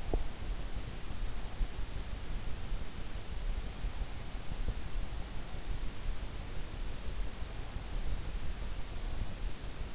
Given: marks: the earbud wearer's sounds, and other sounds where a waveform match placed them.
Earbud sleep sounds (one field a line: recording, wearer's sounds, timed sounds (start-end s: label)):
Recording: sounds in sleep by an in-ear microphone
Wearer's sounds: teeth grinding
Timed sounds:
0.00-0.30 s: teeth grinding